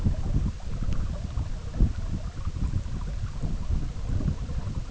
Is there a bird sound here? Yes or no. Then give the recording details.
no. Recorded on Arctic tundra, site EABA-MC, on 17 June 2019. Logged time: 04:00